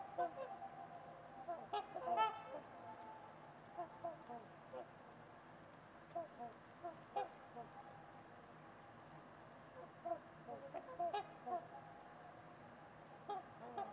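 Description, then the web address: Trumpeter swans giving scattered nasal, horn-like honks, a few close together then pauses of a few seconds, over a quiet hiss of background noise. Winter evening at Winters Lake in a deep, quiet valley; distant white noise noted. "Trumpeter Swans on a Winter's Eve. Winters-Lake-with-Swan. Wind Is the Original Radio"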